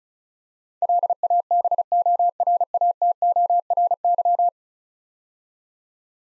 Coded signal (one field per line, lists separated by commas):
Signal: Morse code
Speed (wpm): 34 wpm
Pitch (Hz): 700 Hz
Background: none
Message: LABORATORY